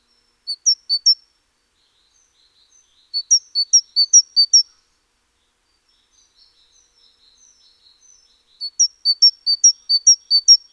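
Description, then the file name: Great tit with short runs of thin, squeaky two-note phrases, separated by gaps holding faint twittering, ending with a longer rapid series. "Parus major"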